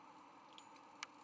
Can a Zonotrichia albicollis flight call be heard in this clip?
no